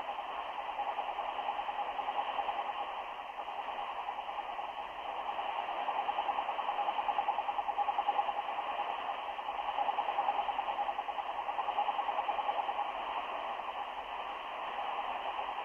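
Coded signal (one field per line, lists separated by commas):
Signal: radio time signal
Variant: RWM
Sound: fast steady ticking beeps, about ten per second, under shortwave hiss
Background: radio static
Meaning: Ten pulses per second mark tenths of a second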